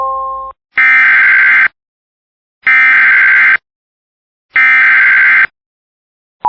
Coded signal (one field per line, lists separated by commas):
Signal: Emergency Alert System (SAME) tones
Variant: header bursts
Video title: FFW (EAS 28)